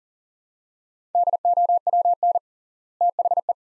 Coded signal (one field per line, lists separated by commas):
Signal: Morse code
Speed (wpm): 38 wpm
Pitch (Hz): 700 Hz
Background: none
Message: DOWN THE